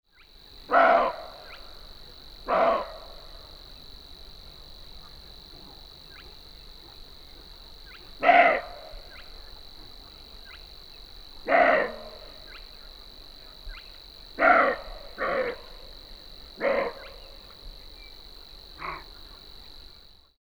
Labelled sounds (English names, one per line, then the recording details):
Western Roe Deer
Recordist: Frommolt, Karl-Heinz
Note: Schrecken von zwei Rehböcken